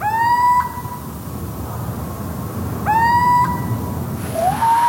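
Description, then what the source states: Little owl territorial song: a drawn-out, mewing hoot that slides upward then levels, given twice about three seconds apart, with a third starting near the end. Played example of territorial song, a short song that is often repeated many times in a row.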